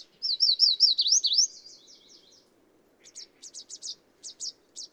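Bird song: a high, rapid warbled phrase of rising and falling notes, then a pause and a string of short, sharp chirps.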